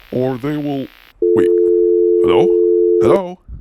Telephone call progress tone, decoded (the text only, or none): dial tone